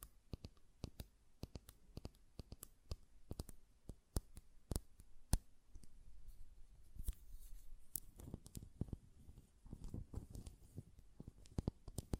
Glass Perfume Bottle Tapping & Lid Sounds